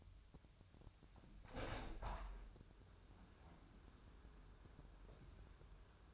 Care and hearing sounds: daily activity, microphone in the room; open window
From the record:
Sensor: 2

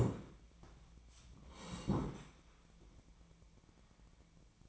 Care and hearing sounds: daily activity, microphone in the room; sit down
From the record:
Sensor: 1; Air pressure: 1012.3 hPa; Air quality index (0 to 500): 172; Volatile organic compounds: 3 ppm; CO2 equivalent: 1415 ppm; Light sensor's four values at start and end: 46/124/51/62 and 45/121/50/60

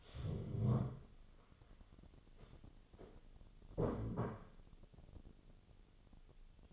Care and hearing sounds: daily activity, microphone in the room; stand up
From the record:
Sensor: 4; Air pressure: 1016.1 hPa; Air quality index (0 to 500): 171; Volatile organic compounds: 7 ppm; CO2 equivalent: 1948 ppm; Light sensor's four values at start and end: 9/20/8/7 and 9/20/8/7

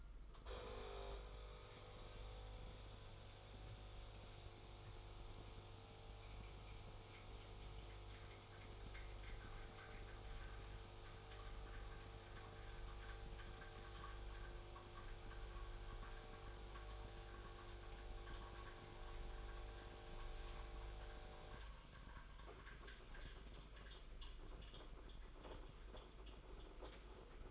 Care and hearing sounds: daily activity, microphone in the room; make coffee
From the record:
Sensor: 5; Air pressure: 991.0 hPa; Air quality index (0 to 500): 143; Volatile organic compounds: 120 ppm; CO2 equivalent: 3877 ppm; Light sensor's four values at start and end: 36/114/43/46 and 36/113/43/46

